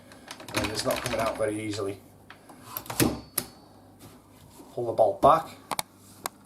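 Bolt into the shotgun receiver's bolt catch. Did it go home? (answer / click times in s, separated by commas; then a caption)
yes / 6.3 s. During reassembly of a Calibre Innovations Double R recoil-operated practical shotgun, someone talks while the bolt is pulled back by hand into the receiver's bolt catch, with scattered metallic clicks and handling noise. A sharp metallic click at 6.3 s marks the bolt catching and locking back, held open.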